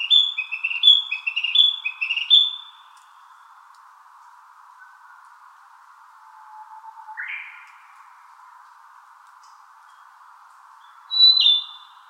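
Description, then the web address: Narcissus flycatcher song opens with a rapid string of repeated whistled phrases, then stops; a long quiet stretch follows, broken by a couple of isolated notes, with steady hum throughout. 19 April 2018. "birdenaga kibitaki 180419"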